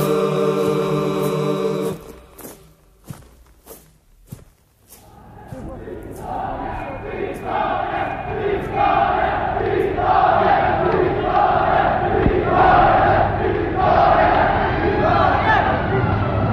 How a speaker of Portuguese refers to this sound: O povo tem avançado do Rocio e acompanha a coluna, gritando continuamente vitória e fazendo gestos à coluna de incitamento.